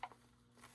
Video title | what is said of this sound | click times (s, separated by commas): KIWI design Battery Audio Head Strap 6400mAh - Headphone Elite Strap Battery Pack Unboxing / Set Up | And this will just snap in here, like you guys see. | 0.0 s